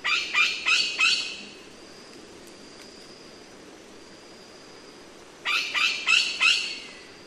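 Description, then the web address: Dusky parrot harsh squawking calls, four quick grating notes, a pause of about four seconds, then four more in a similar burst; steady faint background hiss. "chants piofus"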